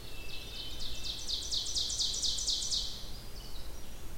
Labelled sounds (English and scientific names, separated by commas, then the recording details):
Ovenbird (Seiurus aurocapilla) song
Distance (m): 55 m
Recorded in boreal forest in Alberta, Canada, on 16 June 2016 at 06:39
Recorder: SongMeter 3, array SBT-3-32
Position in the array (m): 152 m, 33 m
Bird 36